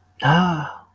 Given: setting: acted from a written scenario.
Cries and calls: vocal sound without words; romantic love

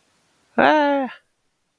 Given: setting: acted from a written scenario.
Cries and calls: vocal sound without words; positive surprise

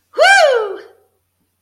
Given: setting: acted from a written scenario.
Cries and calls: vocal sound without words; triumph

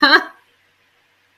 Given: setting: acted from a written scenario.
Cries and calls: vocal sound without words; amusement

